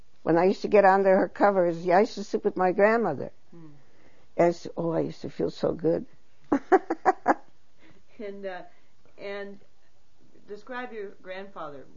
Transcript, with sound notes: And I used to get under her covers, yeah, I used to sleep with my grandmother. That's, oh, I used to feel so good. ( she laughs )
And describe your grandfather.